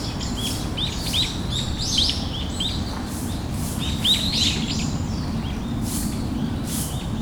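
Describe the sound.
Bird calls: bursts of short, high chirps with gaps between, set against a constant low roar.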